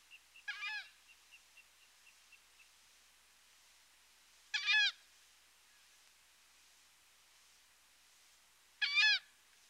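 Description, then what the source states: Horned screamer calling three times with harsh honks about four seconds apart, with a short series of faint, evenly spaced ticking notes around and after the first call. Recorded in the Pantanal.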